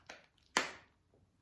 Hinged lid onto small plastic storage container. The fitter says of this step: I usually do, but they also just snap into place.